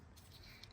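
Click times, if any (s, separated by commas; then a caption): 0.6 s. A paper oil filter element for a W212 E220/E250 CDI is pushed onto its plastic filter housing cap during an oil service. Over a low, steady background hum, a short sharp click lands at 0.6 s, followed by a fainter tick just after. The element is seated in the cap.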